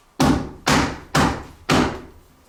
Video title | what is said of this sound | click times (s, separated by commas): Garden Room #7 UPVC Windows and Door Install | so that final click | 1.7 s